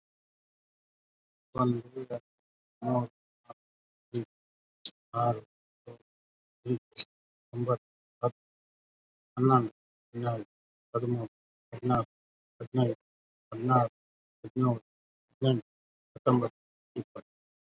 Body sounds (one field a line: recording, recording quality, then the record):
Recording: counting at a normal pace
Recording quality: excellent, no background noise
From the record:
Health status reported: COVID-19 positive, mild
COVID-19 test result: positive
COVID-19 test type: RT-PCR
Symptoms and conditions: cough, breathing difficulty, fatigue, diabetes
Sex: male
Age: 55 years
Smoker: no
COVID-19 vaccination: both doses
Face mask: worn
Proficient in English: yes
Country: India